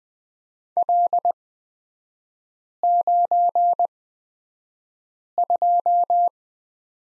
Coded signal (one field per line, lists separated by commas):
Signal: Morse code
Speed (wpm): 20 wpm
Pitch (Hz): 700 Hz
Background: none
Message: L92